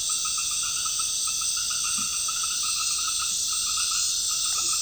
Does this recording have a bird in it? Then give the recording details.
no. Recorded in dense forest near Puerto Asís, Putumayo, Colombia, on 18 February 2024 at 19:00. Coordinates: 0.502, -76.324. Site G6370